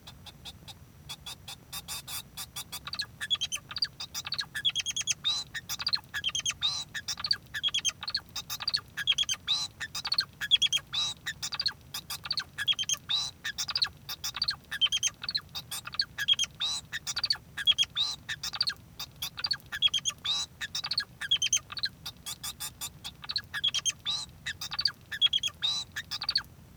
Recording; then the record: song of a male Bengalese finch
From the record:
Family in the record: son of father 2